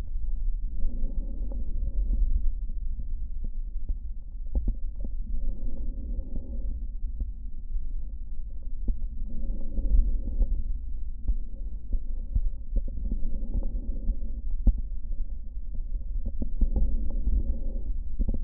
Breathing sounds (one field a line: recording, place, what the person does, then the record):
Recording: lung sounds by stethoscope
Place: left posterior basal chest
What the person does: quiet breathing, then deep breathing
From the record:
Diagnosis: asthma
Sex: female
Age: 72 years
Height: 160 cm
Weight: 63.4 kg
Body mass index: 24.8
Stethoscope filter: diaphragm mode